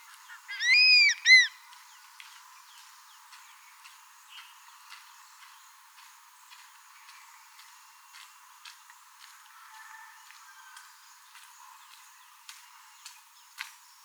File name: elang ular bido